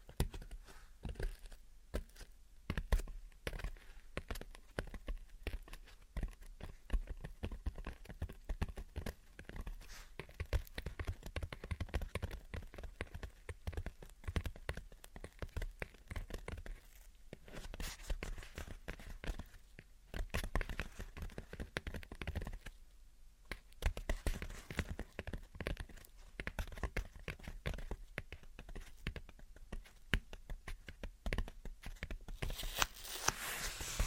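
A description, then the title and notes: Gentle tapping and scratching in quick, uneven bursts, dense throughout, with short quieter pauses near 17, 20 and 23 seconds. Gentle Tapping and Scratching. (No Talking).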